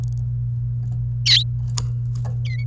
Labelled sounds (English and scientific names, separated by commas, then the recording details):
Domestic Canary (Serinus canaria) song
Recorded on 29 April 2018 at 17:09
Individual llb3